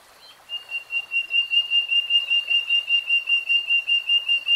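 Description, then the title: Nightingale song: a long series of pure whistled notes on one steady pitch, pulsing rhythmically and swelling in loudness. "[Tiếng chim hót] 3 Hours REALTIME Nightingale Singing"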